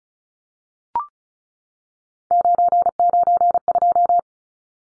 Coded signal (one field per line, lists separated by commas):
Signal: Morse code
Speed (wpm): 34 wpm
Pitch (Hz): 700 Hz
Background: none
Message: 992